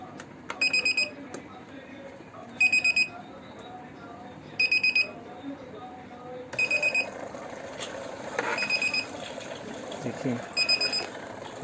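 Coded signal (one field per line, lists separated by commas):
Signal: beep code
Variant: Kent RO water purifier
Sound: bursts of four quick high beeps repeating about every two seconds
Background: room noise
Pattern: 4 short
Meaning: The purifier's yearly filter-service reset reminder is due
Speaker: इसका फ़िल्टर और ये सब सही है, फिर भी ये आवाज़ करता है क्योंकि ये 1 साल के अंदर इसका रीसेट का टाइमिंग आ जाता है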